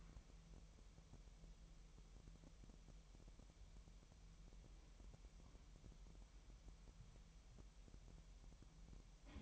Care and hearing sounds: daily activity, microphone in the room; wipe stove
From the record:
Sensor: 1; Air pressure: 1000.9 hPa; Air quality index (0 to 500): 248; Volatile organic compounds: 149 ppm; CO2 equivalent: 4017 ppm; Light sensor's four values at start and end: 12/28/12/13 and 12/28/12/12

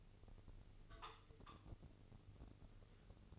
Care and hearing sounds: daily activity, microphone in the room; take from stove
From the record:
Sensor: 4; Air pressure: 996.2 hPa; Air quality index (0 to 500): 76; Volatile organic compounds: 3 ppm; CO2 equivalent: 1426 ppm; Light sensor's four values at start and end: 15/41/15/16 and 15/41/15/15

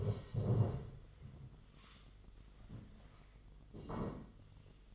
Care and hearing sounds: daily activity, microphone in the room; stand up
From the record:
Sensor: 4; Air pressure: 1006.1 hPa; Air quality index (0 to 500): 102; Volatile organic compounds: 2 ppm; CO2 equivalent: 1278 ppm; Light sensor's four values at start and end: 12/28/11/10 and 12/28/11/10

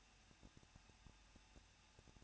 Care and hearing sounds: daily activity, microphone in the room; no activity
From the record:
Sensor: 2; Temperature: 21.0 degrees Celsius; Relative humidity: 37.3%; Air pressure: 1006.4 hPa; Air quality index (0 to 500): 220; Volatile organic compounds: 23 ppm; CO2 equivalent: 2781 ppm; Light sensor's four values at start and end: 2/3/2/2 and 2/3/2/2

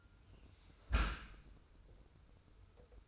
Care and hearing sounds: daily activity, microphone in the room; close dishwasher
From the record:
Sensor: 2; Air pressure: 990.3 hPa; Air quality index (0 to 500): 210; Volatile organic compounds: 1000 ppm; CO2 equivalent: 6741 ppm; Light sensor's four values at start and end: 28/66/27/27 and 28/65/27/27

